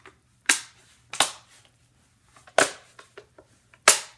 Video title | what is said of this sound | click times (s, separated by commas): Neewer 18" Dimmable Fluorescent Ring Light Kit Unboxing | and they just kind of stay pretty much beat as you can hear they just kind of snap right into place | 0.5 s, 2.6 s, 3.9 s